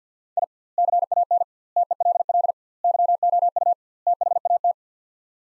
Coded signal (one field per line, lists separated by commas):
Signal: Morse code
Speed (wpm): 50 wpm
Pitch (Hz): 700 Hz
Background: none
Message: I CAN TELL YOU THAT